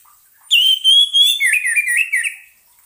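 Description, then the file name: Orange-headed thrush song: a sustained clear whistled note followed by a fast, wavering warble of lower whistled notes, loud and continuous for about two seconds. Indonesian lure sound (suara pancingan) of the orange-headed thrush, meant to keep the bird from being stressed. "suara pancingan burung anis merah agar tidak stress"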